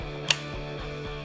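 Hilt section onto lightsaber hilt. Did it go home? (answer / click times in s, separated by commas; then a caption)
yes / 0.3 s. A replica lightsaber hilt section, a scrap-metal style piece aligned by its red indicator, is pushed onto the hilt and snaps into place with a sharp click at 0.3 s. Steady music plays throughout, and the section ends up seated.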